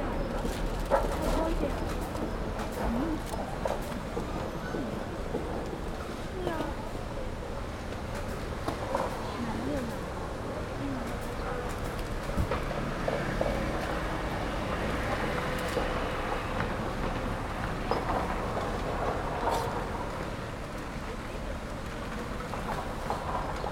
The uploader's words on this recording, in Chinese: 仿佛在北大南门等人｜城市声音。气温在1度左右。